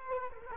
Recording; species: mosquito wingbeat signal from an infrared sensor; Culex quinquefasciatus